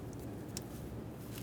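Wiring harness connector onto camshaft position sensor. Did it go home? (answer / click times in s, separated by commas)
yes / 0.6 s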